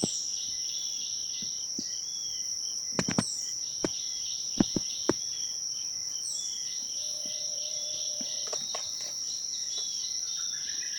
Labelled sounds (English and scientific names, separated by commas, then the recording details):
Jameson's Antpecker (Parmoptila jamesoni)
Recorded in Bwindi, Uganda